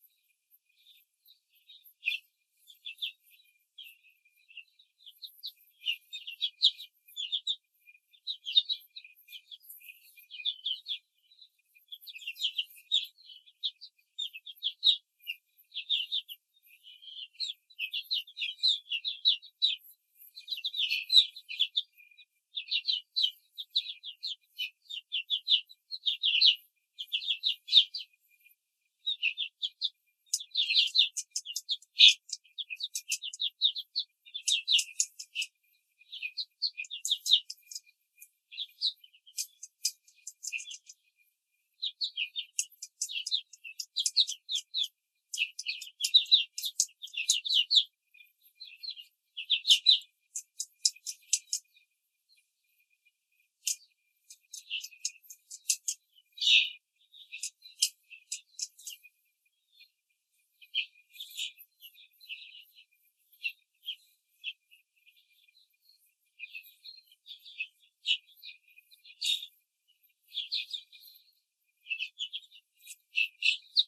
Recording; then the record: young laying hens in a cage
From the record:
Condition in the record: control cage, before the stress test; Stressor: none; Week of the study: 4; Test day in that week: 1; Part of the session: 1